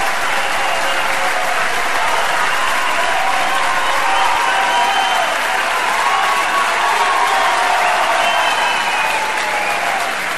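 Sustained applause from a large crowd after a live rock performance, a steady dense wash of clapping that stays loud and even throughout, with faint whoops and cheers mixed in.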